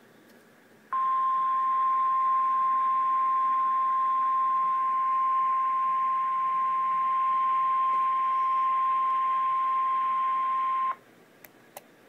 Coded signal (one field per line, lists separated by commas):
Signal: Emergency Alert System (SAME) tones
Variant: 1050 Hz attention tone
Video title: REAL EAS 526-Severe thunderstorm warning